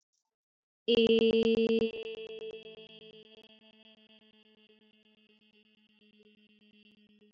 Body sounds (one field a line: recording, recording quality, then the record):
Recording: sustained vowel as in made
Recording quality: moderate, slight background noise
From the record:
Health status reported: healthy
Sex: female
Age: 29 years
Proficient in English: no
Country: India